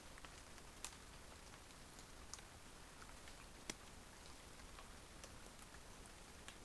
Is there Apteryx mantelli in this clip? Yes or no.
no